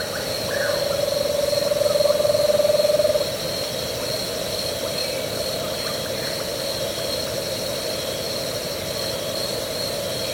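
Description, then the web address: West Peruvian screech owl producing a steady, rapid trill of low hoots for about three seconds, then only continuous hiss and hum. Recorded in Ecuador. "Birds of Ecuador. West Peruvian Screech-Owl"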